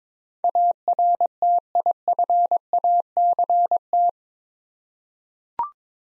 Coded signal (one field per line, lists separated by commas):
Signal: Morse code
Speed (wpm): 22 wpm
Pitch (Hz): 700 Hz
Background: none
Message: ARTIFACT